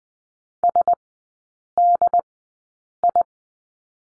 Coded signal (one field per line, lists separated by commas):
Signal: Morse code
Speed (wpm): 20 wpm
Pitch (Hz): 700 Hz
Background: none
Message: SDI